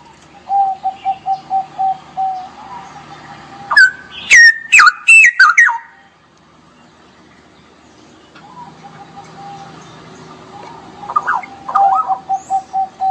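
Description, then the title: Straw-headed bulbul song: a run of short even notes, then a burst of loud, rich rising and falling whistles, a pause, and more warbling notes near the end. Song-tutoring (masteran) recording for training caged birds; the song style is called ropel, and the bird is described as gacor, singing actively; clear-quality recording. "mster Mnuk. Masteran Burung CUCAK ROWO Kualitas Jernih. Cucak Rowo Ropel Gacor"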